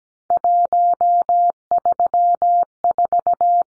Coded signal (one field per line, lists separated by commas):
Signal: Morse code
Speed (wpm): 17 wpm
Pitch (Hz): 700 Hz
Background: none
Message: 134